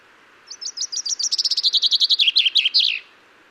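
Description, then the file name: Common chaffinch song, spaced chips quickening into a fast descending trill, finishing with an emphatic terminal flourish, all within about two and a half seconds. "Fringilla coelebs"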